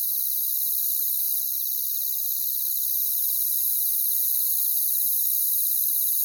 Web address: WLL Grade 1-12 Pre-Uni Library Natures Songs Sleep Sounds of Nature CRICKETS Crickets